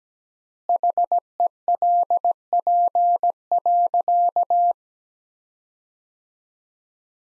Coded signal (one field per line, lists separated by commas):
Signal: Morse code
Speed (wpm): 17 wpm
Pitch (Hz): 700 Hz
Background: none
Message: HELP.